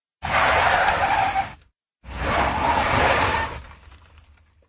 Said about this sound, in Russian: Во двор влетела машина.